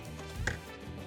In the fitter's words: put your hand on on the front and push it down. You hear that click noise.